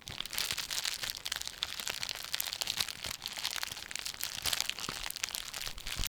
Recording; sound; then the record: sound for misophonia research; plastic crumpling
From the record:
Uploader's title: OWI Plastic crumpling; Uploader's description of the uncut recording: plastic rappers being crumpled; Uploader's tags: plastic, crumpling, closemic, crumpled